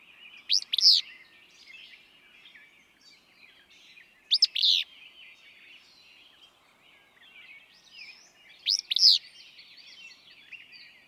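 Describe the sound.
Willow flycatcher song, three crisp, buzzy two-note phrases delivered about every four seconds, while other birds twitter softly in the background.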